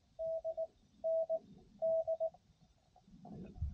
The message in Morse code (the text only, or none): DND